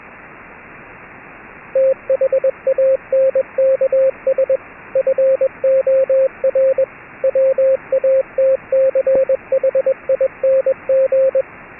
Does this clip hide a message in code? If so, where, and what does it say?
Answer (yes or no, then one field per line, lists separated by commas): yes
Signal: Morse code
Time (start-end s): 1.8-11.4 s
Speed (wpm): 21 wpm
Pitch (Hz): 530 Hz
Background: radio noise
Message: THANKS FOR WATCHING